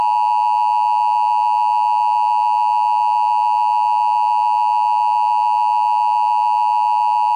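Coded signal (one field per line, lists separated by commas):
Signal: Emergency Alert System (SAME) tones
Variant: 853 and 960 Hz attention tone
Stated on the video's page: Fictional EAS scenario.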